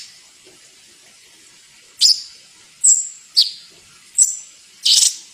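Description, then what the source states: Bird chirps: five sharp, high chirps spaced less than a second apart after a quiet start, some with a brief whistled tail. Training song (masteran) for songbirds.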